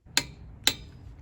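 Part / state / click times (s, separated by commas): torque wrench on wheel lug nut / torque reached / 0.2 s, 0.7 s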